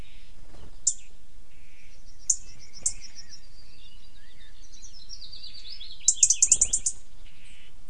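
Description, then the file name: European robin giving a few isolated sharp high ticks, then a rapid run of ticks. "Erithacus rubecula"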